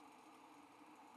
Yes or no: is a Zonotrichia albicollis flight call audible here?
no